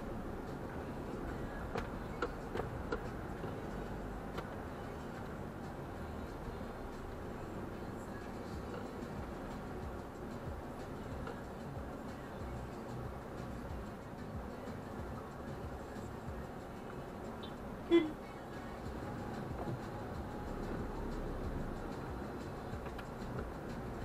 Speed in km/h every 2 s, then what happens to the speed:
3, 8, 9, 6, 4, 2, 1, 2, 1, 0, 1, 4.
4-10 slows to 2. 10-20 standing.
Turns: none.